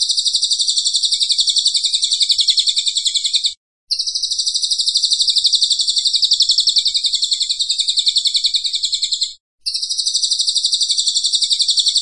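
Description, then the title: Cililin delivering long stretches of high, rapid, pulsing trill, strongly repetitive and unvarying, interrupted by two brief silent breaks. Vigorous "gacor" singing, used for training cage birds. "Cililin AMPUH"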